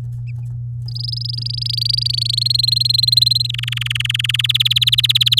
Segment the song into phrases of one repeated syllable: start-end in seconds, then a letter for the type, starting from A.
0.88-2.43 A, 2.45-3.47 B, 3.49-4.42 C, 4.44-5.39 D